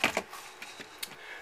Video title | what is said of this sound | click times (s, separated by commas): Game Room Update (6-15-09) | and snap right into place | 0.0 s, 1.0 s